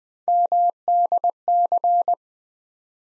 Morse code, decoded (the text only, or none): MDC